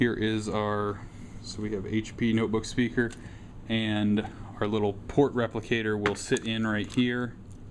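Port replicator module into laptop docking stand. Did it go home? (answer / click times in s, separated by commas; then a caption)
no / none. A USB port replicator module is handled at its bay in an HP notebook docking stand while someone talks over a low steady hum. Nothing has seated or clicked into place yet.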